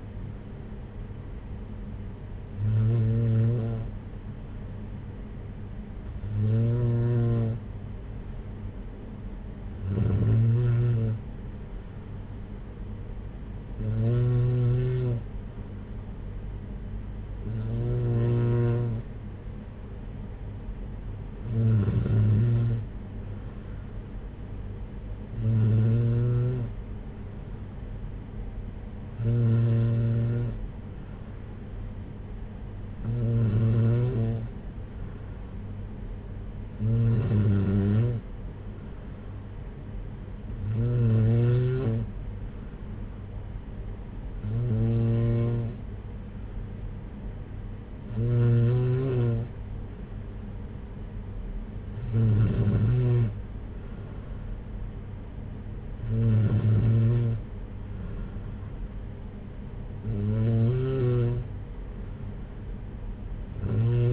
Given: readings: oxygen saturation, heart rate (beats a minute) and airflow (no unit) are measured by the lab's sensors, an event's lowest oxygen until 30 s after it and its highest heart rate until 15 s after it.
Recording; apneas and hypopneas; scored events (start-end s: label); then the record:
breathing in sleep by a smartphone at the bedside; none
none scored
From the record:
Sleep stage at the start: N2 (light sleep); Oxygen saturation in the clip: 93 to 95%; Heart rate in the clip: 58 to 63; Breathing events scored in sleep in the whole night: 226 in 8.8 hours asleep